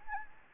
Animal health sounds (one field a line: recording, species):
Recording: mosquito wingbeat signal from an infrared sensor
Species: Anopheles gambiae